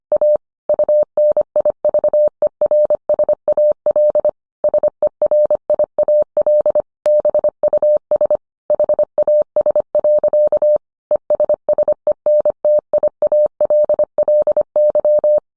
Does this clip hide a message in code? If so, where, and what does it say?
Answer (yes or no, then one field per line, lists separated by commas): yes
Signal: Morse code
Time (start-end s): 0.1-15.4 s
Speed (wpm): 25 wpm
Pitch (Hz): 600 Hz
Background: none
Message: A UNIVERSAL SERIAL BUS HAS. ESSENTIALLY